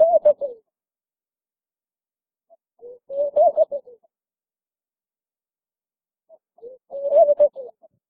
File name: Palm dove